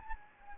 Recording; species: mosquito wingbeat signal from an infrared sensor; Anopheles gambiae